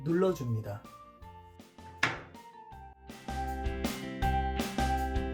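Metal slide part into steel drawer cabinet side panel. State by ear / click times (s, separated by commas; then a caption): seated / 2.0 s. A metal slide part's wing is hooked onto the left steel side panel of an IKEA HELMER steel drawer cabinet and pressed downward until it snaps into place with a sharp click at 2.0 s. Someone talks while background music plays.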